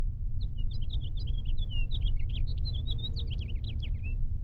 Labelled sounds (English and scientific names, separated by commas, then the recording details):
House Finch (Haemorhous mexicanus) song
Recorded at Lawrence on Long Island, New York, on 4 June 1975
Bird F